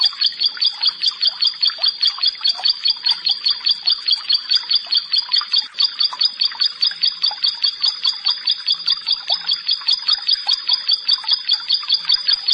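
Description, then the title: Bar-winged prinia song of regularly repeated high, doubled chip notes in a brisk, even rhythm lasting the whole stretch. "Ciblek Sawah"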